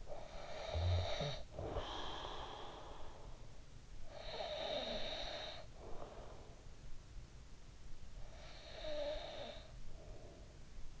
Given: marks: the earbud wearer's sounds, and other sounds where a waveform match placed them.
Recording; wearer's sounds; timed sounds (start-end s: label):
sounds in sleep by an in-ear microphone; breath, snoring breath
0.00-7.66 s: breath
7.66-11.00 s: snoring breath